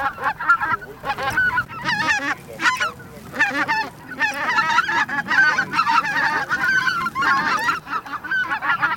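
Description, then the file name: Greater white-fronted goose: greater white-fronted geese in a flock, giving dense overlapping high yelping honks and chattering calls in bursts, with constant clamour throughout. Flock chatter of greater white-fronted geese, used as a goose decoy call. "Белолобый базар"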